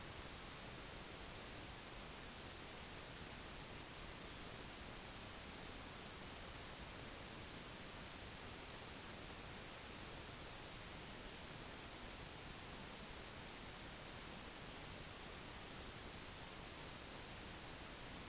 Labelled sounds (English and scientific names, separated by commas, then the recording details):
none
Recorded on Arctic tundra, site UTQI-5, on 21 June 2018
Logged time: 08:00